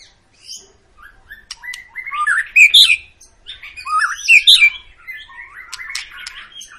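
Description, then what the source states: White-rumped shama song of loud whistled bursts and rich warbled phrases with scattered sharp clicks between them. Long, lively lure song of a white-rumped shama, used to prompt other birds to sing.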